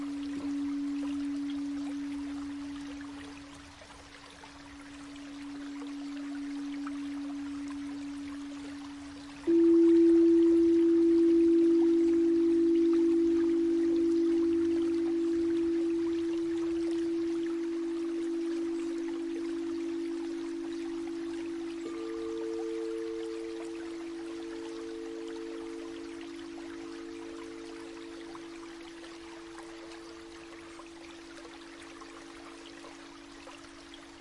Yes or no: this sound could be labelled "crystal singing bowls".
yes